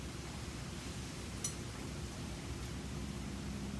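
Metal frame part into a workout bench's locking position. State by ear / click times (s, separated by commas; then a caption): not seated / none. A metal frame part of a Leike workout bench is handled and pushed toward its locking position, under a steady broadband hiss with a brief sharp tick at about 1.4 s. Nothing has seated or clicked into place yet by the end of the clip.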